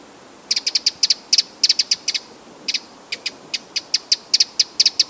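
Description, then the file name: Eurasian wren calls, a long irregular series of sharp, high ticking clicks, some closely grouped, over a quiet background. "Troglodytes troglodytes"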